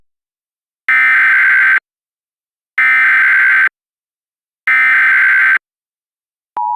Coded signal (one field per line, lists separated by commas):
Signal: Emergency Alert System (SAME) tones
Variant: header bursts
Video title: EAS Partial Reenactment Mock: This happened while WXK26 Out of Service - 08/15/2022